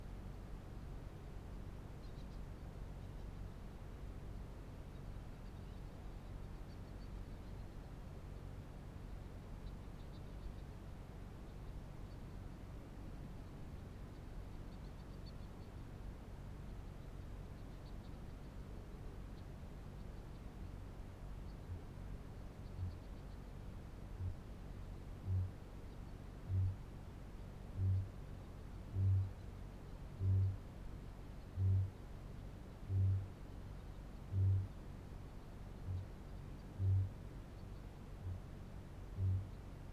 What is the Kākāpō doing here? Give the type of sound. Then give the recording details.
boom. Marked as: faintness 5/5, faintness 3/5, faintness 2/5. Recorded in New Zealand. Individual Felix